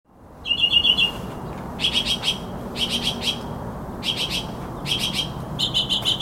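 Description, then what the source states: Northern mockingbird giving short, harsh, buzzy trilled bursts, repeated roughly every second, over steady background hiss. Recorded on Maui, Hawaii, August 2026.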